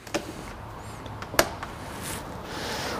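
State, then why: Seated. A large press snap on the vinyl convertible top boot of a Mazda Miata MX-5 is pressed onto its stud near the seat. A few faint ticks come before a single sharp, bright snap at 1.4 s, which seats the snap, and a low broadband hiss continues afterward.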